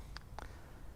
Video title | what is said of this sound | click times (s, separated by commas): Pro Bike Tool Adjustable T Torque Wrench Review - feat. 4/5/6 Nm + 8 Bits + Anodized Finish | and then it drops into place. It also has a really nice click. | 0.2 s, 0.4 s